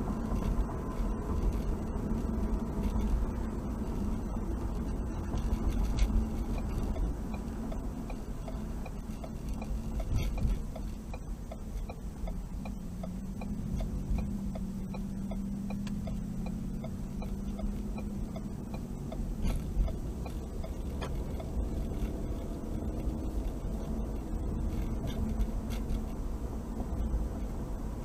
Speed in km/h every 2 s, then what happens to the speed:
69, 64, 60, 52, 40, 32, 27, 24, 23, 24, 32, 42, 50, 53.
0-15 slows to 23. 18-28 speeds up to 53.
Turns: 15-19.